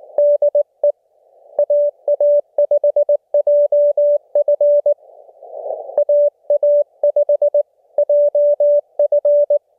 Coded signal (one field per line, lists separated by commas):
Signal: Morse code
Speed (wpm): 19 wpm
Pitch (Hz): 580 Hz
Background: none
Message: DE AA5JF AA5JF